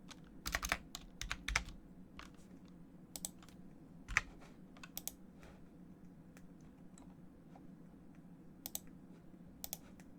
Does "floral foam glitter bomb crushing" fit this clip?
no